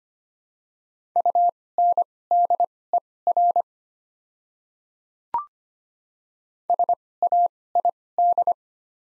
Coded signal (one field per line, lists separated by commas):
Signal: Morse code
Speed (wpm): 25 wpm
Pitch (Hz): 700 Hz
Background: none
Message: UNDER SAID